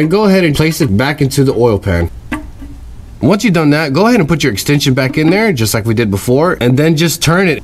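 Someone talks while placing the plastic quarter-turn oil drain plug back into the engine oil pan of a 2020 Silverado Custom 2.7 turbo and fitting an extension to turn it, so that it will snap into place and the gasket seals. There is a short pause in the talk with a brief sharp sound at about 2.3 s. Nothing has snapped or seated yet when the clip ends.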